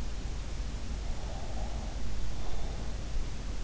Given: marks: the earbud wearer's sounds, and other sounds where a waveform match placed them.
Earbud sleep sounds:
sounds in sleep by an in-ear microphone; breath
1.05-3.31 s: breath

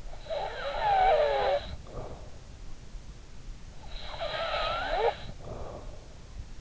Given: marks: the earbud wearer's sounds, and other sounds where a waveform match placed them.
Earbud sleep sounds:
sounds in sleep by an in-ear microphone; snoring breath
0.08-2.56 s: snoring breath
3.94-6.28 s: snoring breath

